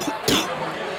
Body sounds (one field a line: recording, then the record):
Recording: coughing mixed with background sound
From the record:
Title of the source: Wet coughing